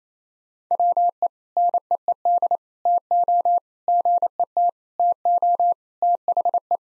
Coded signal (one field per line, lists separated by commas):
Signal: Morse code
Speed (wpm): 28 wpm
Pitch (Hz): 700 Hz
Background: none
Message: WE NEED TO GET TO THE